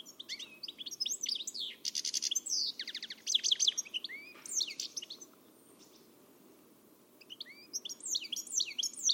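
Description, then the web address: Bird song with dense phrases of high trills, buzzes and twitters, a pause of several seconds, then the chattering resumes. "Deverinetal. Bird Only"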